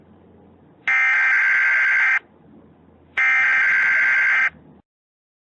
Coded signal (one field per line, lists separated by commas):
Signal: Emergency Alert System (SAME) tones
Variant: header bursts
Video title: Angry EAS Edition: A Fallen Marriage